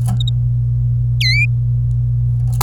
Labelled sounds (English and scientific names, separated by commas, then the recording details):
Domestic Canary (Serinus canaria) song
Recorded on 26 April 2018 at 12:01
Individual llb3